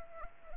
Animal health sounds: mosquito wingbeat signal from an infrared sensor; Anopheles arabiensis

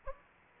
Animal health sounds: mosquito wingbeat signal from an infrared sensor; Aedes aegypti

